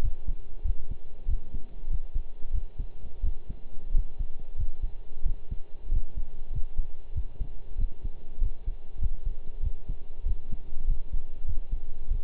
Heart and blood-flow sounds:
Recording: heart sounds by stethoscope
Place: between the tricuspid and mitral areas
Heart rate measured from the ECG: 94 bpm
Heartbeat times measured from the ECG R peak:
0.03 s: heartbeat
0.65 s: heartbeat
1.28 s: heartbeat
1.90 s: heartbeat
2.53 s: heartbeat
3.23 s: heartbeat
3.94 s: heartbeat
4.58 s: heartbeat
5.25 s: heartbeat
5.91 s: heartbeat
6.53 s: heartbeat
7.15 s: heartbeat
7.78 s: heartbeat
8.41 s: heartbeat
9.01 s: heartbeat
9.63 s: heartbeat
10.25 s: heartbeat
10.87 s: heartbeat
11.47 s: heartbeat
12.10 s: heartbeat
From the record:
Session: pedaling a stationary bicycle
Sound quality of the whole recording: partially saturated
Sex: male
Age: 23 years

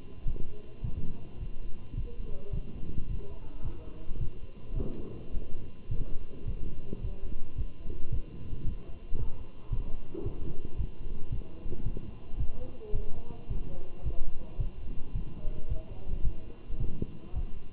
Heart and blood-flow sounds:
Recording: heart sounds by stethoscope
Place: between the tricuspid and mitral areas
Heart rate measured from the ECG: 109 bpm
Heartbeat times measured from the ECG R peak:
0.28 s: heartbeat
0.84 s: heartbeat
1.41 s: heartbeat
1.97 s: heartbeat
2.53 s: heartbeat
3.09 s: heartbeat
3.65 s: heartbeat
4.20 s: heartbeat
4.77 s: heartbeat
5.34 s: heartbeat
5.91 s: heartbeat
6.47 s: heartbeat
7.03 s: heartbeat
7.58 s: heartbeat
8.12 s: heartbeat
8.66 s: heartbeat
9.19 s: heartbeat
9.72 s: heartbeat
10.25 s: heartbeat
10.78 s: heartbeat
11.32 s: heartbeat
11.86 s: heartbeat
12.40 s: heartbeat
12.95 s: heartbeat
13.50 s: heartbeat
14.05 s: heartbeat
14.60 s: heartbeat
15.15 s: heartbeat
15.70 s: heartbeat
16.25 s: heartbeat
16.80 s: heartbeat
17.35 s: heartbeat
From the record:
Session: walking at 3.7 km/h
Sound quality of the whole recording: good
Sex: male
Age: 27 years

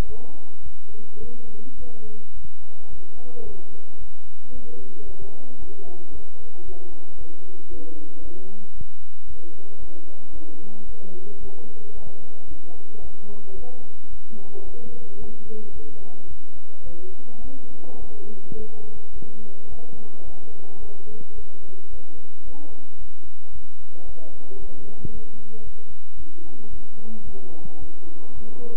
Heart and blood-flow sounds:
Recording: heart sounds by stethoscope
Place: between the tricuspid and mitral areas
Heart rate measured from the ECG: 110 bpm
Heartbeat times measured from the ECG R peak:
0.06 s: heartbeat
0.63 s: heartbeat
1.20 s: heartbeat
1.77 s: heartbeat
2.34 s: heartbeat
2.89 s: heartbeat
3.44 s: heartbeat
3.99 s: heartbeat
4.52 s: heartbeat
5.06 s: heartbeat
5.59 s: heartbeat
6.12 s: heartbeat
6.65 s: heartbeat
7.18 s: heartbeat
7.70 s: heartbeat
8.22 s: heartbeat
8.75 s: heartbeat
9.27 s: heartbeat
9.79 s: heartbeat
10.32 s: heartbeat
10.86 s: heartbeat
11.40 s: heartbeat
11.94 s: heartbeat
12.48 s: heartbeat
13.01 s: heartbeat
13.55 s: heartbeat
14.10 s: heartbeat
14.65 s: heartbeat
15.19 s: heartbeat
15.73 s: heartbeat
16.28 s: heartbeat
16.84 s: heartbeat
17.41 s: heartbeat
17.99 s: heartbeat
18.56 s: heartbeat
19.13 s: heartbeat
19.69 s: heartbeat
20.24 s: heartbeat
20.80 s: heartbeat
21.35 s: heartbeat
21.90 s: heartbeat
22.44 s: heartbeat
22.98 s: heartbeat
23.52 s: heartbeat
24.06 s: heartbeat
24.59 s: heartbeat
25.12 s: heartbeat
25.64 s: heartbeat
26.17 s: heartbeat
26.70 s: heartbeat
27.24 s: heartbeat
27.79 s: heartbeat
28.34 s: heartbeat
From the record:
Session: bicycle stress test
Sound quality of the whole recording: good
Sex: male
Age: 23 years

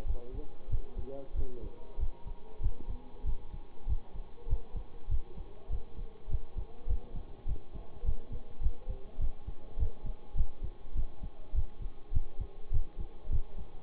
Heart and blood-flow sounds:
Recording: heart sounds by stethoscope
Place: between the tricuspid and mitral areas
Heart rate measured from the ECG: 100 bpm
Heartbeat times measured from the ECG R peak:
0.05 s: heartbeat
0.69 s: heartbeat
1.34 s: heartbeat
1.98 s: heartbeat
2.60 s: heartbeat
3.24 s: heartbeat
3.87 s: heartbeat
4.47 s: heartbeat
5.08 s: heartbeat
5.70 s: heartbeat
6.28 s: heartbeat
6.87 s: heartbeat
7.46 s: heartbeat
8.04 s: heartbeat
8.60 s: heartbeat
9.19 s: heartbeat
9.77 s: heartbeat
10.35 s: heartbeat
10.94 s: heartbeat
11.53 s: heartbeat
12.12 s: heartbeat
12.71 s: heartbeat
13.30 s: heartbeat
From the record:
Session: bicycle stress test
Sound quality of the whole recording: good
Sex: male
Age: 26 years

